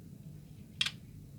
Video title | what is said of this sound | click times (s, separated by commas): Shenyang J-15S Q Version by Topgun Chen 3D printed airplane model J15 Flanker SU33 fighter plane | very cool they just snap into place looking good | 0.8 s